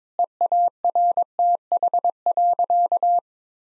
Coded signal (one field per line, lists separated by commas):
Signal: Morse code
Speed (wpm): 22 wpm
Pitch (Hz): 700 Hz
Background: none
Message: EARTH.